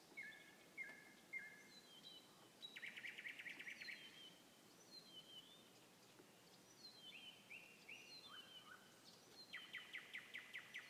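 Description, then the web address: Nightingale song: short repeated whistled phrases, then a loud rattling buzzy trill, more varied whistles and a final rapid pulsed burst; faint background hiss. Song recorded 21 May 2016. "slowik-spiew-slowika-21-maja-2016-r"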